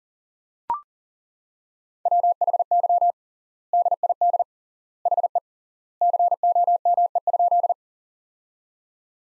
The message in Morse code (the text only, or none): WHY DID HE COME?